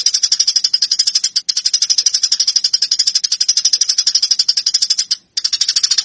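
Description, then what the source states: Eurasian tree sparrow gives nearly unbroken, very fast harsh chirping, pausing only twice for a moment. Fighting-style (tarung) call.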